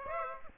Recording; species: mosquito wingbeat signal from an infrared sensor; Aedes aegypti